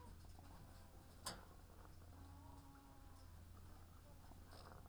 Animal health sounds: poultry house recording; sick chickens (respiratory disease)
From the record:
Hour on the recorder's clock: 18

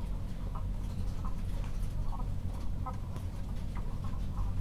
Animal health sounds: poultry house recording; sick chickens (respiratory disease)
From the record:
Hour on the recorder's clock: 22

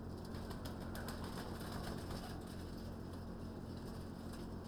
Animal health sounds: poultry house recording; no chicken sound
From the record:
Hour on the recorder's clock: 19

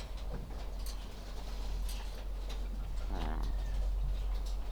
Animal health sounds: poultry house recording; sick chickens (respiratory disease)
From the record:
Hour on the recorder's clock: 14

